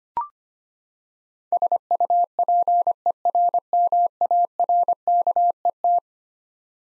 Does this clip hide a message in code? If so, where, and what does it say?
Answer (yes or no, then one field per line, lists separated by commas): yes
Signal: Morse code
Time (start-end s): 1.5-6.0 s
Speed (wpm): 25 wpm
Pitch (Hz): 700 Hz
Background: none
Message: SUPERMARKET